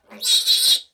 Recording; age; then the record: pig call; piglet (1 to 25 days)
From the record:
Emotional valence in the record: negative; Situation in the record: restrain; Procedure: back test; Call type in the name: high-frequency call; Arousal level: maximum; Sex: male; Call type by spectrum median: high-frequency call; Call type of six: high-frequency stable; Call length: 0.94 s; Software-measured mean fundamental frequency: 288 Hz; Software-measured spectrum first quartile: 3919 Hz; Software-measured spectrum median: 4616 Hz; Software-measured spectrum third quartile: 7655 Hz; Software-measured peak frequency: 3776 Hz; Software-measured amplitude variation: 177 dB a second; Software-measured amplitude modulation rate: 8.0 a second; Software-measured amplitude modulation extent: 22.2 dB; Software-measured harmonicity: 6.1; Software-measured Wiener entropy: -2.99